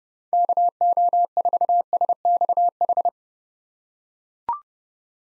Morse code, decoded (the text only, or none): KO4SXH